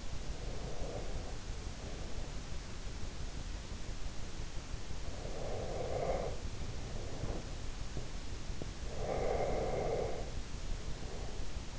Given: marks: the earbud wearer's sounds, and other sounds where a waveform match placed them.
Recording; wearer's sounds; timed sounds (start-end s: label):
sounds in sleep by an in-ear microphone; breath, teeth grinding
0.00-2.73 s: breath
5.07-7.73 s: breath
7.93-8.94 s: teeth grinding
9.00-11.79 s: breath